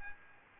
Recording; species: mosquito wingbeat signal from an infrared sensor; Aedes aegypti